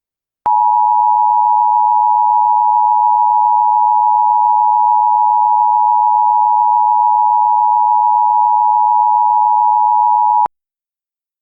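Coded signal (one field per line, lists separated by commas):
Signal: Emergency Alert System (SAME) tones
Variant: 853 and 960 Hz attention tone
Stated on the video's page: Fictional EAS scenario, not a real broadcast.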